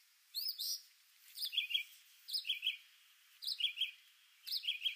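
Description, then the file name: Northern Mockingbird repeating a short burst of sharp, high chirps about once a second, each burst a quick cluster of three or four notes. "Mimus polyglottos Northern Mockingbird"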